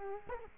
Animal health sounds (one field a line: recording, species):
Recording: mosquito wingbeat signal from an infrared sensor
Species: Culex quinquefasciatus